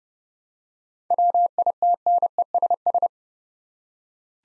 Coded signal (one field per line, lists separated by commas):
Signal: Morse code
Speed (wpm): 28 wpm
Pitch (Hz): 700 Hz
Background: none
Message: WITNESS